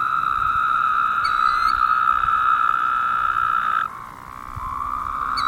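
A Woodhouse's toad call drones as a loud, nasal buzz, then breaks off abruptly and a lower, rising buzz follows, with a high chirp series early on.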